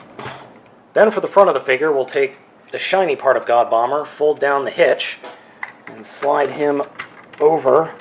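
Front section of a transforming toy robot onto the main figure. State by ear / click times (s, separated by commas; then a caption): not seated / none. Someone talks while handling a plastic Transformers Masterforce C-310 God Ginrai figure: the shiny front section of God Bomber, with its hitch folded down, is slid over onto the main figure, with a brief handling sound near 0.2 s. Nothing has seated or clicked yet; the part is not yet home when the clip ends.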